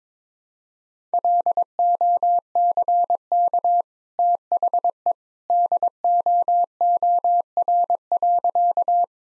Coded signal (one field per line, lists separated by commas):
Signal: Morse code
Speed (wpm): 22 wpm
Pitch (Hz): 700 Hz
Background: none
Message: LOCK THE DOOR.